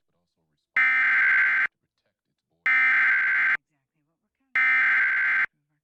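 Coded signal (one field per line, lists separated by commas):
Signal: Emergency Alert System (SAME) tones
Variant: header bursts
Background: speech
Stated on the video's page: Real flash flood warning EAS activation aired on a TV subchannel.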